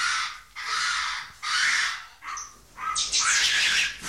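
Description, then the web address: Monkey giving harsh, noisy screeches in about five bursts, the last one longer and shriller, with brief dips between them. "audio animali scimmie scimmie monkey"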